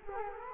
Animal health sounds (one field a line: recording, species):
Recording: mosquito wingbeat signal from an infrared sensor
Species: Culex quinquefasciatus